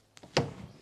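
A plastic fir tree trim clip in the corner of a trim panel on a Jaguar X100 XK8 is pushed back into its hole in the body panel. A faint tick at 0.2 s comes before a sharp snap at 0.4 s. The clip seats firmly in place.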